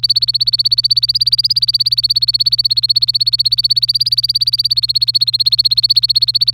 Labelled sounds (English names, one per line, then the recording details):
Domestic Canary song
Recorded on 25 April 2018 at 14:38
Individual llb3